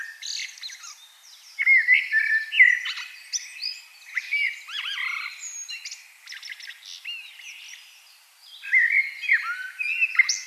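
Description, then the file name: Common blackbird song in varied warbled and chattering phrases with high twittery notes, a quieter spell late on, then louder phrases again at the end. "Turdus merula"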